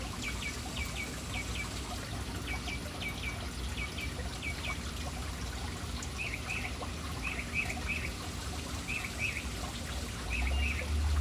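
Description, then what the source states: Birds giving quick repeated chirps, first sharp single notes, then short buzzy notes in small clusters, over steady trickling water. Birds in a city, gathered around a fountain.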